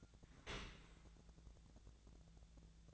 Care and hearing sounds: daily activity, microphone in the room; open dishwasher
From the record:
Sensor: 3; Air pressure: 1000.5 hPa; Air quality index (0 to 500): 175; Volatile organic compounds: 3 ppm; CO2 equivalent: 1517 ppm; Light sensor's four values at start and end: 13/35/14/15 and 13/35/14/15

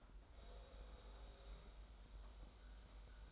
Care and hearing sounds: daily activity, microphone in the room; make coffee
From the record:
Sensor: 3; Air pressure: 991.7 hPa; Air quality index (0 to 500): 180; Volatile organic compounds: 1000 ppm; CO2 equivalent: 6019 ppm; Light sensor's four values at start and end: 40/115/47/41 and 40/115/47/41

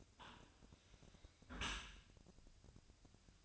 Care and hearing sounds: daily activity, microphone in the room; close dishwasher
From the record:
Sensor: 2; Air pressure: 1002.9 hPa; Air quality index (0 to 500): 199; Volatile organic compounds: 6 ppm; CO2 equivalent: 1890 ppm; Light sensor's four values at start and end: 23/55/24/27 and 23/55/24/27

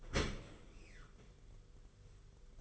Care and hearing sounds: daily activity, microphone in the room; open dishwasher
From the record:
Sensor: 4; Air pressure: 991.3 hPa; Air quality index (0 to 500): 157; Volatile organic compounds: 122 ppm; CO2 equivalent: 3884 ppm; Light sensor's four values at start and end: 22/72/27/27 and 22/72/27/27

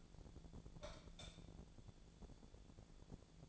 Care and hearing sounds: daily activity, microphone in the room; light off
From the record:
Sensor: 5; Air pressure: 1000.1 hPa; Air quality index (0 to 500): 100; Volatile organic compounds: 1 ppm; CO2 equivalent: 807 ppm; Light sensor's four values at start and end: 159/382/161/177 and 160/382/162/177

